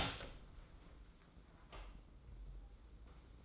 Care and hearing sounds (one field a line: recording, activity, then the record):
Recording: daily activity, microphone in the room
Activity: open door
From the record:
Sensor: 3